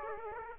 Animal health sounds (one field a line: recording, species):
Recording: mosquito wingbeat signal from an infrared sensor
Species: Aedes aegypti